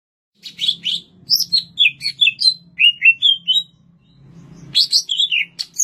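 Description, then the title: Greater green leafbird singing a fast medley of slurred, descending whistles and sharp chips, with a faint low hum underneath and a brief gap near the end. "Cucak Ijo"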